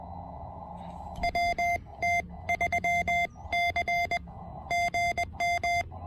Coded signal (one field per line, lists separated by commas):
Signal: Morse code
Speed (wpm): 20 wpm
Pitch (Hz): 690 Hz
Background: none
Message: W T 3 C GM